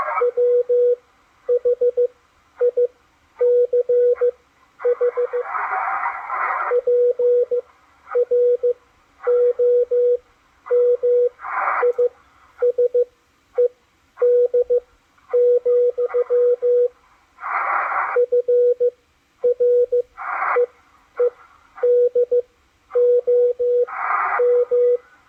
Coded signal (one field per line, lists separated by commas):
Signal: Morse code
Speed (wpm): 15 wpm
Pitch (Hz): 490 Hz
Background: radio noise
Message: WHICH PROMISED, FREEDOM